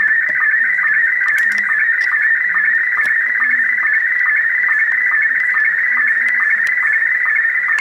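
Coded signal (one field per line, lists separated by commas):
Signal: SSTV (slow-scan television)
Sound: warbling, chirping tone scanning up and down, with steady rhythmic low ticks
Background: radio static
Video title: Wolverine radio pirate shortwave strong 6940 khz with SSTV image decode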